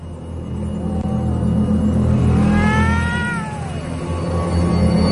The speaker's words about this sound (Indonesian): Suara kucingnya. Perasaan terdengar sama seperti kucing yang tadi di sekolah. Penasaran, aku pun keluar dari dapur untuk mengintip ke atas. Ketika aku lihat, memang ada seekor kucing hitam.